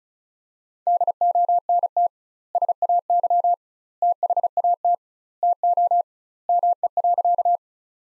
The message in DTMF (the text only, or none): none